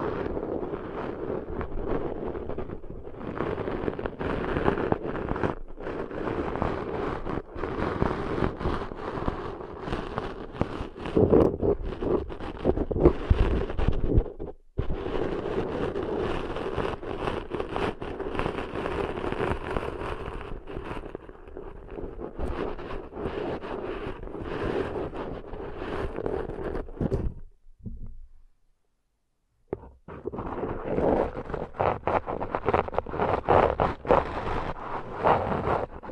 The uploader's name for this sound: Deep 3D Ear Cleaning Intense & Realistic